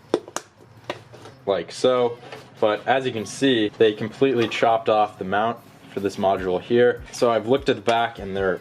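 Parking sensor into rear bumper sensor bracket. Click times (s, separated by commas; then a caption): 0.1 s, 0.4 s. A plastic parking sensor is pressed into its plastic bracket on the rear bumper and pops right into place, seated, with sharp clicks at 0.1 s and 0.4 s. Someone then talks for the rest of the clip.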